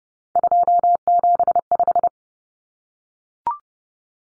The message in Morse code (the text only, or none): 275